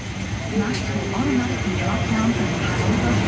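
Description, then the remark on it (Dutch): A steady, loud roar of aircraft engines as a plane carrying doctors and nurses takes off on a flight to Al-Arish at the border with Gaza. A broad rumbling drone holds even throughout, with indistinct voices murmuring underneath. “En dan kan de vlucht beginnen.”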